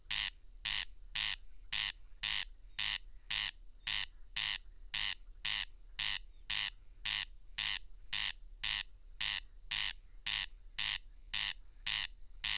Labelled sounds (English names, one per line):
Corn Crake song